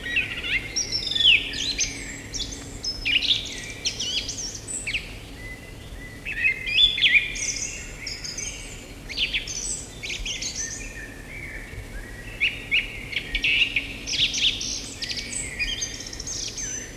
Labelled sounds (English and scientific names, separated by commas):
Song Thrush (Turdus philomelos) song